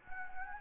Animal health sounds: mosquito wingbeat signal from an infrared sensor; Anopheles gambiae

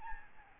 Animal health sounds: mosquito wingbeat signal from an infrared sensor; Aedes albopictus

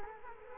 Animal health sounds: mosquito wingbeat signal from an infrared sensor; Culex quinquefasciatus

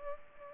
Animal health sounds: mosquito wingbeat signal from an infrared sensor; Culex pipiens

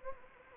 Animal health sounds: mosquito wingbeat signal from an infrared sensor; Anopheles gambiae

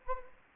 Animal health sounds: mosquito wingbeat signal from an infrared sensor; Anopheles arabiensis

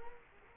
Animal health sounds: mosquito wingbeat signal from an infrared sensor; Culex quinquefasciatus

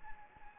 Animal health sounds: mosquito wingbeat signal from an infrared sensor; Anopheles gambiae

